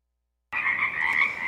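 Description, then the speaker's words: Pacific chorus frog song: a brief, steady, raspy croaking chorus starts abruptly after silence and holds at an even level. Chorus rising and falling above a stiff breeze at Tectexan Marsh, Saturna Island, British Columbia, around 4:30 am before dawn; part of a 24-hour Earth Day soundscape broadcast. "The song of the Pacific chorus frogs rises and falls above a stiff breeze."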